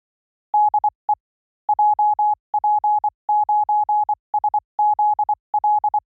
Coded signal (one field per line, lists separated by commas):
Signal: Morse code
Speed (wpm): 24 wpm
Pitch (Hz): 840 Hz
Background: none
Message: DE JP9SZL